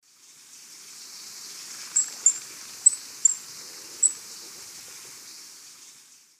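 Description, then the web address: Spectacled whitestart giving five sharp, very high, thin chip notes spaced irregularly over about two seconds, over soft steady background hiss. Recorded in Ecuador. "Birds of Ecuador. Spectacled Whitestart"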